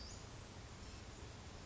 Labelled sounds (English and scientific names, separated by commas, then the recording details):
Western Flycatcher (Empidonax difficilis)
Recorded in Sonoma County, California